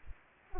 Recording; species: mosquito wingbeat signal from an infrared sensor; Anopheles arabiensis